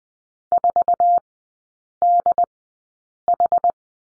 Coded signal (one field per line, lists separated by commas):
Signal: Morse code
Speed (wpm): 20 wpm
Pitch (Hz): 700 Hz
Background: none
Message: 4DH